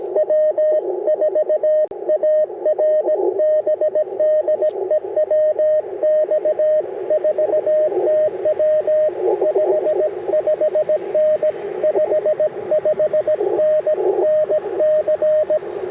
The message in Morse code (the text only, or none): W4ARB DE WX4TW 55N 55N NC